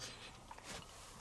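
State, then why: Not seated. The door latch of an Electrolux Wascator W355H 5.5 kg, 1300-spin commercial washing machine is handled as the door is pushed down to lock it. Two faint, brief ticks at about 0.5 and 0.6 seconds sit over a steady low background noise. The door has not clicked shut or locked yet.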